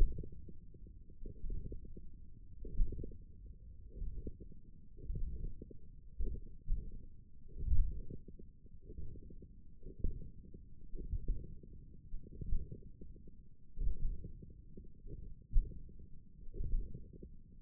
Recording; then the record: forearm muscle sounds (acoustic myography)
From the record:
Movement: ulnar deviation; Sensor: system 1, eight BSWA MPA416 microphones around the upper forearm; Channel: 1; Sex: male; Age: 20 years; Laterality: left